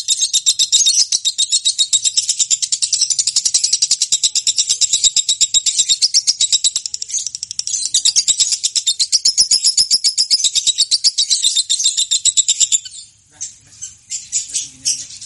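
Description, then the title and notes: Lovebird chattering with a fast, dense stream of shrill repeated chirps for about thirteen seconds, then a few scattered softer notes. Champion (juara) lovebird singing (kicau). "Love Brid Juara. Kicau Lovebird"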